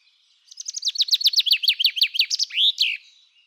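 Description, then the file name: Common chaffinch song: a rapid run of repeated descending notes ending in a terminal flourish, lasting about two and a half seconds. "Pinson des arbres Chant"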